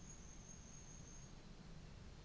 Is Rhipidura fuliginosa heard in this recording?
no